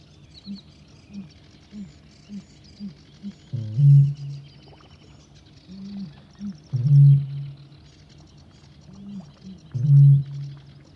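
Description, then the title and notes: Eurasian bittern gives a run of soft gulps, then three deep booms about three seconds apart. Male's display (booming) call. "Viikon luontoääni: Kaulushaikara. Juha Laaksonen"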